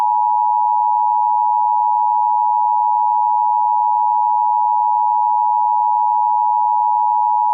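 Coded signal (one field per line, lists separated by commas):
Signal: Emergency Alert System (SAME) tones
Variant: 853 and 960 Hz attention tone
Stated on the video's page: Fictional EAS scenario, a simulated malfunction.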